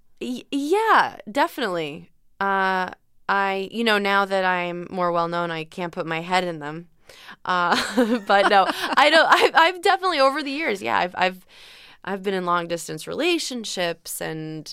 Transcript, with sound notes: yeah, definitely. I - you know, now that I'm more well-known, I can't put my head in them.
(LAUGHTER)
But no, I've definitely over the years, yeah, I've been in long-distance relationships,